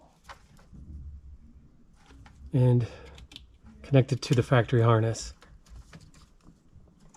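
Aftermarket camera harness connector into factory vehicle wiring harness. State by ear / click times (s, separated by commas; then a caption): not seated / none. The plastic wiring harness connector from an aftermarket backup camera kit is being handled near the factory wiring harness of a 2020 4Runner, ready to be pushed in until it latches. Someone talks, and a few faint handling taps and rustles are heard. Nothing has seated or clicked yet.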